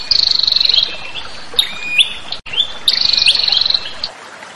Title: Suara Prenjak Ribut Ampuh Buat Pikat Burung Prenjak Kepala Merah Prenjak Tamu